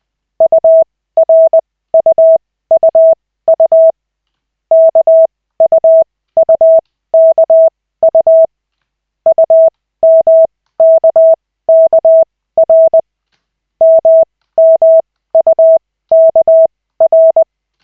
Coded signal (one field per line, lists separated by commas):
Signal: Morse code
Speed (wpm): 20 wpm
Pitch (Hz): 650 Hz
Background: none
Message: URUUU KUUKU UMKKR MMUKR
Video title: Koch 3/40, 16.12.2024, 2nd CW practice session